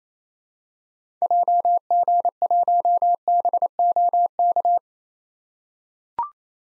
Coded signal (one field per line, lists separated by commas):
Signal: Morse code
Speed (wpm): 28 wpm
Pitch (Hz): 700 Hz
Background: none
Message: JG1BOK